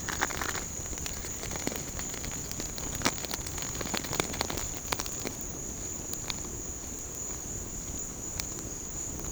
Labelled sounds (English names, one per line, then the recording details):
none
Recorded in pastures near Puerto Asís, Putumayo, Colombia, on 22 June 2025 at 13:00
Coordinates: 0.496, -76.326
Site GP01